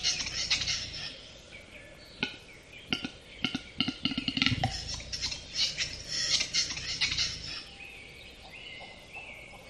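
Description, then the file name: Western capercaillie displaying, with sharp tapping clicks, a deep popping sound, then several seconds of hissing, grinding scrapes. "audio hero Bird Capercaillie"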